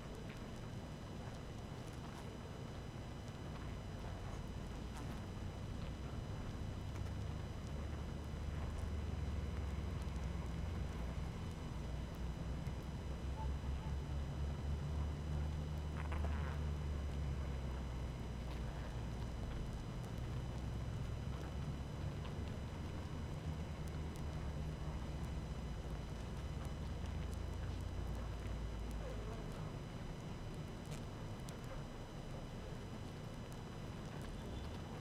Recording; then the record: honeybee colony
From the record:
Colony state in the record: active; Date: 12 June 2018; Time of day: 18:32